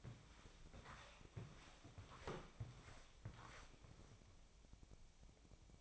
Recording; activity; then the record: daily activity, microphone in the room; walk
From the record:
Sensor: 1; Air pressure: 1000.6 hPa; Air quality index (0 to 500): 170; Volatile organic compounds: 4 ppm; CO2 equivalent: 1576 ppm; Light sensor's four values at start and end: 13/32/13/15 and 13/30/13/14